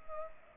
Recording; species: mosquito wingbeat signal from an infrared sensor; Culex pipiens